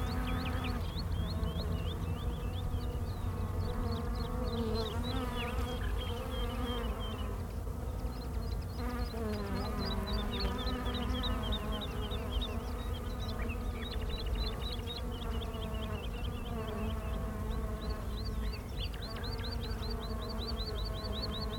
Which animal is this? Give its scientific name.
Apis mellifera